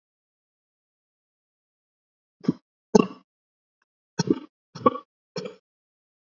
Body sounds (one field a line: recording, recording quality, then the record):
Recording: shallow voluntary cough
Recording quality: moderate, slight background noise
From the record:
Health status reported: COVID-19 positive, mild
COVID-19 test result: positive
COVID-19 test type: RT-PCR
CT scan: not taken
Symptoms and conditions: cough, fatigue, muscle pain, hypertension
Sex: male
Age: 35 years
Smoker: yes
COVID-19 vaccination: both doses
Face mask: worn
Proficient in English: yes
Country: India